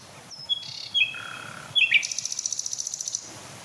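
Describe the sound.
Common Nightingale song: a few pure whistled notes at varied pitches, a sharp slurred note, then a fast, even, rattling trill of repeated high notes.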